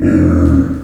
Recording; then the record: squeal of a Yucatan mini pig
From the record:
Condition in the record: after surgery on the right vocal fold (resection and tissue-engineered implant); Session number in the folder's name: 7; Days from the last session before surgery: 47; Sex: female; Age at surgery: 19 weeks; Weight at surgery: 25 kg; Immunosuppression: prednisolone